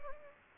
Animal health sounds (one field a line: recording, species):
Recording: mosquito wingbeat signal from an infrared sensor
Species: Anopheles gambiae